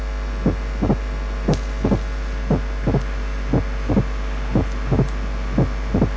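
Adult heart heard by stethoscope, with an opening snap.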